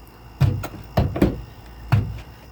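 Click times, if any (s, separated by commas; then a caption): none. The plastic bucket seat of a water vending machine is set down onto its mount and lined up before it is turned to fix it in place. Several dull thunks land around 0.4, 1.0, 1.2 and 1.9 seconds as the part sits. Nothing has seated or clicked yet.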